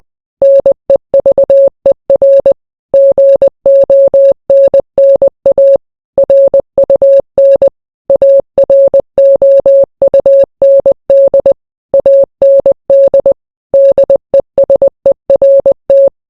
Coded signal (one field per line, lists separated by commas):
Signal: Morse code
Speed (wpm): 20 wpm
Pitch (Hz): 550 Hz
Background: none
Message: NEVER GONNA RUN AROUND AND DESERT